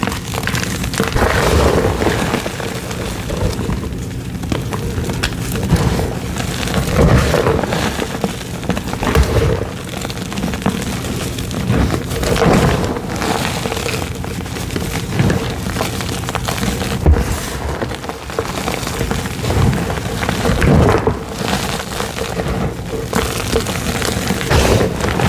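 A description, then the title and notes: Gym chalk cylinders are crushed, a dense, crumbly crunching and grinding that runs steadily for the whole stretch. Low thuds and sharper cracks break through every few seconds, with brief louder crumbles near 7, 12, 17 and 21 seconds. ASMR crushing gym chalk rainbow cylinders.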